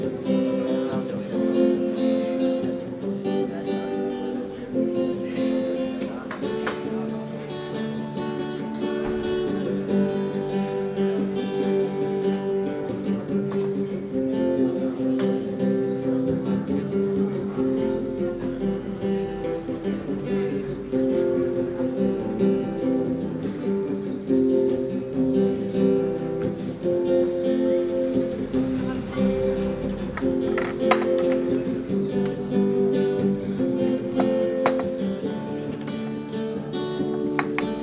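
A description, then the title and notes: A local busker's instrument carries a steady, sustained melody through the whole stretch, its held mid-pitched notes shifting gently from phrase to phrase. Beneath it, faint talk and the occasional clink of cups come and go in the plaza. Mondoñedo Square. A local busker, espressos and napolitanas, the comings and goings of a town plaza. In Situ Season 1 episodes are 5 minutes of ambient sound recorded along del Norte, the northern coastal route of the Camino de Santiago network of pilgrimage paths converging in Spain.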